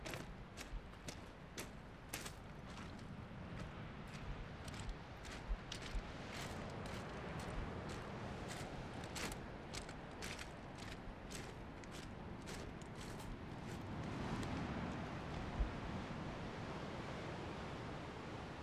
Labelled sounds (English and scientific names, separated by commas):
Arctic Fox (Vulpes lagopus) call